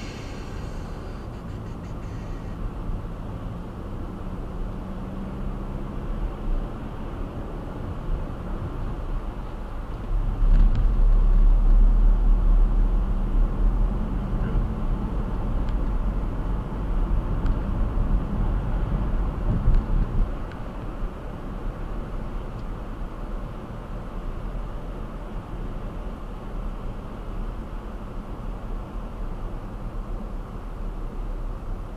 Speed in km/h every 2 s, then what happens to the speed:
27, 29, 34, 40, 40, 42, 45, 50, 55, 56, 56, 53, 53, 52, 45, 40.
0-17 speeds up to 56. 17-25 steady at about 53. 25-32 slows to 40.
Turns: none.